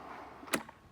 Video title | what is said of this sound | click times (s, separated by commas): Evenflo Revolve 360 All-In-One Car Seat Review | until you hear a click | 0.5 s